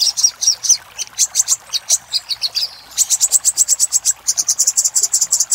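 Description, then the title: Little spiderhunter song: rapid, very high chip notes in quick bursts, with a brief pause before a faster, steady run of sharp repeated notes. Master recording made for training caged birds; Indonesian name Sogok Ontong. "Sogok Ontong Labaik"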